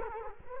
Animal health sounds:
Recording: mosquito wingbeat signal from an infrared sensor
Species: Culex quinquefasciatus

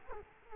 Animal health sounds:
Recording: mosquito wingbeat signal from an infrared sensor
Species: Culex quinquefasciatus

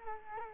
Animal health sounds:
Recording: mosquito wingbeat signal from an infrared sensor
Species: Culex quinquefasciatus

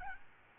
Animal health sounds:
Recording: mosquito wingbeat signal from an infrared sensor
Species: Aedes albopictus

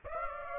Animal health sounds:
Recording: mosquito wingbeat signal from an infrared sensor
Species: Aedes aegypti

